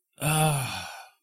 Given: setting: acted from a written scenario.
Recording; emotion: vocal sound without words; disappointment